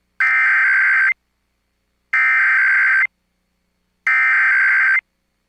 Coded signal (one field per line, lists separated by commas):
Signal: Emergency Alert System (SAME) tones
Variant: header bursts